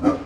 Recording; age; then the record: pig call; growing-finishing pig (85 days or more)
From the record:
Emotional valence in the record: positive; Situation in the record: run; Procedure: transit